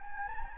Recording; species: mosquito wingbeat signal from an infrared sensor; Anopheles gambiae